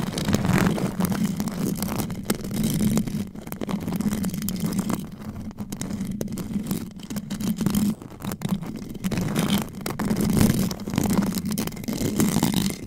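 Mic scratching with claws fills the whole stretch: a dense, continuous rasping that rises and falls in short waves. A low steady hum sits underneath, and quick brighter scrapes break through often, clustered most thickly around the middle seconds.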